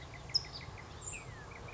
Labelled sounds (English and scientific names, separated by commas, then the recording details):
California Towhee (Melozone crissalis)
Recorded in Sonoma County, California